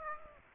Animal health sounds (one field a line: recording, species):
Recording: mosquito wingbeat signal from an infrared sensor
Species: Aedes aegypti